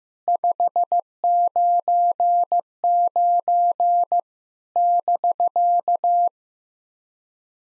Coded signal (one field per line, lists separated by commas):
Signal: Morse code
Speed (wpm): 15 wpm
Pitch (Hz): 700 Hz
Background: none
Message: 599 <BK>